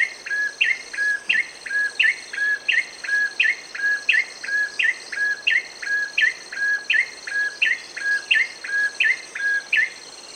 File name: cinenen merah david edwards